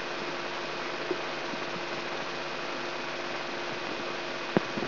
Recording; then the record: brain microelectrode recording played as sound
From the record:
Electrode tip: inside the subthalamic nucleus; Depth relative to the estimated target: -2 mm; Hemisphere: right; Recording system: AlphaMap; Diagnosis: Parkinson's disease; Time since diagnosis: 16 years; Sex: male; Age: 67 years